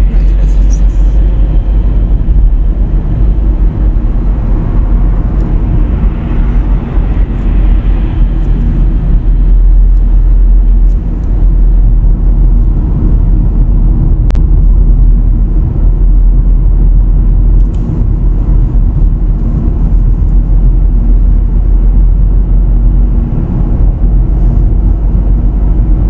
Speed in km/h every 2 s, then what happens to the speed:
58, 57, 53, 50, 50, 50, 48, 48, 50, 51, 52, 54, 56.
0-6 slows to 50. 6-14 steady at about 50. 14-26 speeds up to 56.